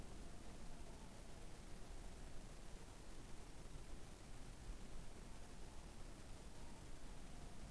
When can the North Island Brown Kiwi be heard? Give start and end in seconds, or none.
none